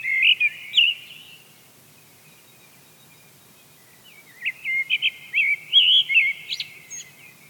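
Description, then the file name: Eurasian blackbird singing: a brief fluted opening, a pause of about three seconds, then a longer phrase of quick varied whistles ending in thin high squeaks. "Turdus merula"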